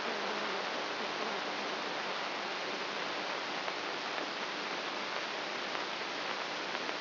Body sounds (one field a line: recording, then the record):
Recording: brain microelectrode recording played as sound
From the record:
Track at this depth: inside the subthalamic nucleus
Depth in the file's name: 2.04 mm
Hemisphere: right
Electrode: 3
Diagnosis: Parkinson's disease